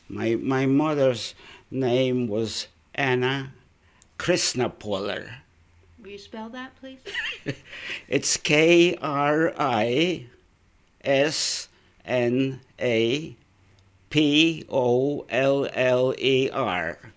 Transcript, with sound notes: My mother's name was Anna Krisnapoller.
Will you spell that, please?
( he laughs ) It's K-R-I-S-N-A-P-O-L-L-E-R.